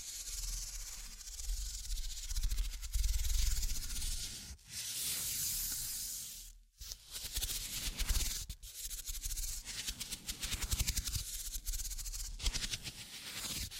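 Scratching and tracing noises with a hissy, rustling texture and low rumble, broken by brief silences near 4.6, 6.7 and 8.5 seconds.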